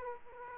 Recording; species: mosquito wingbeat signal from an infrared sensor; Aedes aegypti